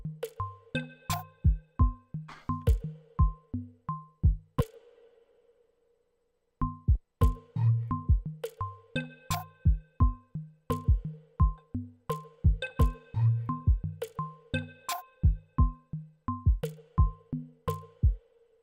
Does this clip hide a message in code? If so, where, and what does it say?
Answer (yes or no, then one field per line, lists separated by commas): no